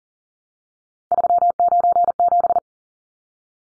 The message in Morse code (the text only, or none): 397